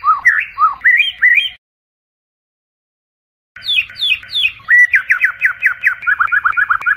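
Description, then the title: White-rumped shama gives rising whistled notes, falls silent for about two seconds, then delivers quick downslurred notes and a fast chattering series. Song used as a training recording to teach cage birds. "MURAI BATU LABAIK"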